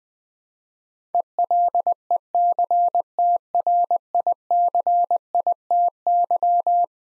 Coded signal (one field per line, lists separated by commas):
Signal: Morse code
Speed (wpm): 20 wpm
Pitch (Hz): 700 Hz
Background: none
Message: ELECTRICITY